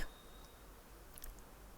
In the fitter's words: the case with the sponge tip and you have to click it you can hear a click